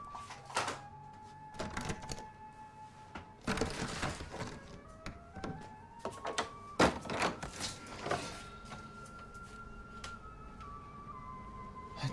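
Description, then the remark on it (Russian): A woman jerks and rattles a door handle in irregular bursts of sharp metallic clunks and clatter, with brief pauses between tugs, while a faint steady tone hums underneath. “Мать дергает ручку.”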